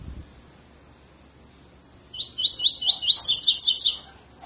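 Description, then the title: Double-collared seedeater song starting after two seconds of quiet: several rising whistles followed by a quick, brighter trill. Tutor song used to train birds; 'tui tui fibra' song style. "COLEIRO TUI TUI FIBRA CANTO PROFESSOR"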